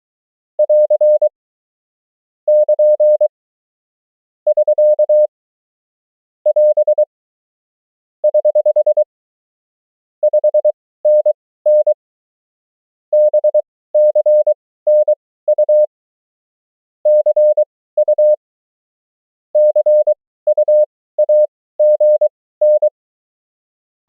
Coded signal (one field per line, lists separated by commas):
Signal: Morse code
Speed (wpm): 23 wpm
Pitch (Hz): 600 Hz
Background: none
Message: <AR> <KN> <SK> <AS> <HH> 5NN BCNU CU CUAGN